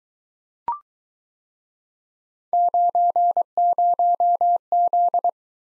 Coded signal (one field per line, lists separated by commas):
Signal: Morse code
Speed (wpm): 23 wpm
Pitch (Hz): 700 Hz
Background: none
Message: 90Z